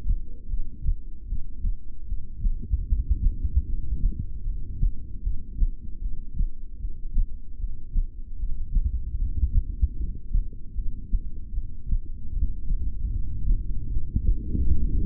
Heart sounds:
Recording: heart sounds by stethoscope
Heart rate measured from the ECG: 76 bpm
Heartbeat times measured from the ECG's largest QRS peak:
0.46 s: heartbeat
1.24 s: heartbeat
2.04 s: heartbeat
2.83 s: heartbeat
3.62 s: heartbeat
4.41 s: heartbeat
5.20 s: heartbeat
5.98 s: heartbeat
6.76 s: heartbeat
7.55 s: heartbeat
8.34 s: heartbeat
9.14 s: heartbeat
9.93 s: heartbeat
10.72 s: heartbeat
11.50 s: heartbeat
12.28 s: heartbeat
13.07 s: heartbeat
13.85 s: heartbeat
14.64 s: heartbeat
From the record:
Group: heart failure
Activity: rest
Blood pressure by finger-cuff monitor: 85/57 mmHg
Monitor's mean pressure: 69 mmHg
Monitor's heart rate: 76 bpm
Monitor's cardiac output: 6.3 L/min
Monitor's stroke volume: 82 mL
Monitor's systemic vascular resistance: 780 dyn s/cm5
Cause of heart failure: ischemic heart disease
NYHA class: 2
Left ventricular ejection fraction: 28%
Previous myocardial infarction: present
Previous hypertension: present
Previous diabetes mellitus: present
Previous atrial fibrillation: present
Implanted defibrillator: present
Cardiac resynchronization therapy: present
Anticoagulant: apixaban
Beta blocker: bisoprolol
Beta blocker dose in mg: 10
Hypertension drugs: sacubitril-valsartan, spironolactone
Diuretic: furosemide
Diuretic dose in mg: 20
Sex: male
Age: 62 years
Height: 178 cm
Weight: 88.3 kg

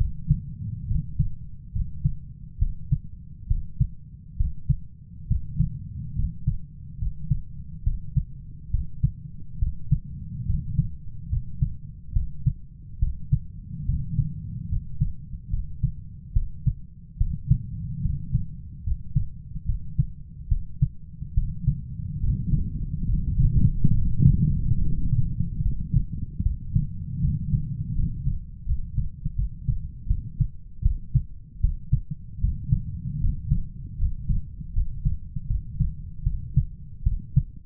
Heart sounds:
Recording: heart sounds by stethoscope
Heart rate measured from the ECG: 73 bpm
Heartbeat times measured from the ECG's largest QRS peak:
0.86 s: heartbeat
1.72 s: heartbeat
2.58 s: heartbeat
3.47 s: heartbeat
4.36 s: heartbeat
5.27 s: heartbeat
6.15 s: heartbeat
6.98 s: heartbeat
7.83 s: heartbeat
8.70 s: heartbeat
9.58 s: heartbeat
10.45 s: heartbeat
11.28 s: heartbeat
12.12 s: heartbeat
12.98 s: heartbeat
13.85 s: heartbeat
14.68 s: heartbeat
15.49 s: heartbeat
16.32 s: heartbeat
17.17 s: heartbeat
18.01 s: heartbeat
18.83 s: heartbeat
19.65 s: heartbeat
20.48 s: heartbeat
21.33 s: heartbeat
22.19 s: heartbeat
23.05 s: heartbeat
23.93 s: heartbeat
24.78 s: heartbeat
25.62 s: heartbeat
26.42 s: heartbeat
27.20 s: heartbeat
27.94 s: heartbeat
28.65 s: heartbeat
29.35 s: heartbeat
30.07 s: heartbeat
30.82 s: heartbeat
31.60 s: heartbeat
32.40 s: heartbeat
33.20 s: heartbeat
33.97 s: heartbeat
34.72 s: heartbeat
35.47 s: heartbeat
36.23 s: heartbeat
37.03 s: heartbeat
From the record:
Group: healthy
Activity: rest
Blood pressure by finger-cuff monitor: 121/74 mmHg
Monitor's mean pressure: 86 mmHg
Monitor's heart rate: 73 bpm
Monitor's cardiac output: 7.3 L/min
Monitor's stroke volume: 104 mL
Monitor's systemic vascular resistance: 860 dyn s/cm5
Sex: male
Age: 23 years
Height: 178 cm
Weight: 96.6 kg

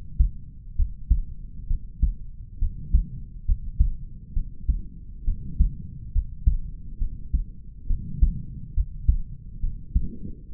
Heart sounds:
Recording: heart sounds by stethoscope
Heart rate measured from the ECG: 68 bpm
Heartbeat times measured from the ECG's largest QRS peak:
0.76 s: heartbeat
1.67 s: heartbeat
2.59 s: heartbeat
3.45 s: heartbeat
4.33 s: heartbeat
5.25 s: heartbeat
6.12 s: heartbeat
6.98 s: heartbeat
7.87 s: heartbeat
8.74 s: heartbeat
9.60 s: heartbeat
10.50 s: heartbeat
From the record:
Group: healthy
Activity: rest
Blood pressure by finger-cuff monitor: 99/77 mmHg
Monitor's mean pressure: 84 mmHg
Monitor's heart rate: 68 bpm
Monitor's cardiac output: 4.7 L/min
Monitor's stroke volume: 71 mL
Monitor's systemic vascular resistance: 1270 dyn s/cm5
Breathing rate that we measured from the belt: 22 breaths a minute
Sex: male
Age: 20 years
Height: 187 cm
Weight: 68.9 kg

